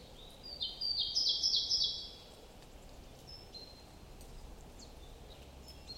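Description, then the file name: Great tit singing one quick run of high, ringing repeated notes for over a second, followed by faint thin calls amid constant background noise. "Parus major"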